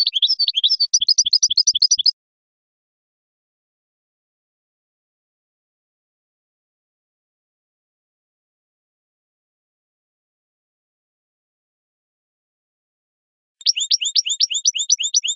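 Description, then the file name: European goldfinch song: a dense, fast run of high twittering notes, a long silence, then another rapid tinkling series. "audio burung goldfinch"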